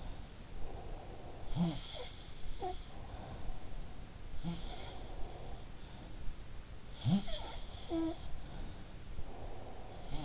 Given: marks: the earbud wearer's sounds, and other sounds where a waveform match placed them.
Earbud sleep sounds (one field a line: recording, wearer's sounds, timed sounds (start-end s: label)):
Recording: sounds in sleep by an in-ear microphone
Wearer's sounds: breath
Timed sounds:
0.00-1.51 s: breath
0.93-3.80 s: sound from someone else or the room
4.35-6.40 s: sound from someone else or the room
6.94-10.25 s: sound from someone else or the room
8.61-10.25 s: breath